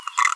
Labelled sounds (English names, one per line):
Green-rumped Parrotlet babbling